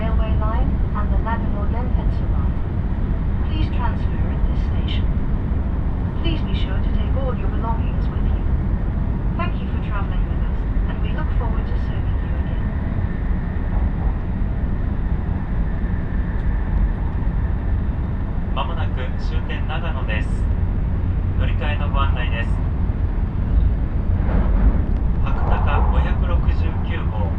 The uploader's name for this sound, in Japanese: しなの鉄道・北陸新幹線 小諸→上田→長野